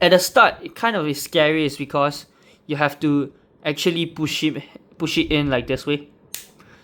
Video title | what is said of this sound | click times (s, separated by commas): Review of transformer year of the dragon crimson flame | You can hear the snap. It is really scary. | 6.3 s